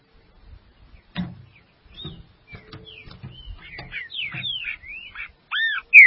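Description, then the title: Green-winged saltator whistles, softer and broken at first among low thuds and knocks, building to a few loud slurred notes at the close. "Trinca Ferro"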